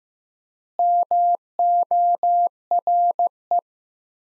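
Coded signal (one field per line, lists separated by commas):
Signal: Morse code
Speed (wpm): 16 wpm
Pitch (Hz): 700 Hz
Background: none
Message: MORE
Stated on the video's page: Practice sentences from the top 200 words at 15 wpm with 4x word spacing, a word-based analogue of Farnsworth spacing.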